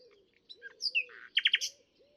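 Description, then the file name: Common nightingale song phrase of whistles, a buzz and three loud rapid downslurred notes, with faint low whistled sounds underneath. "Luscinia megarhynchos"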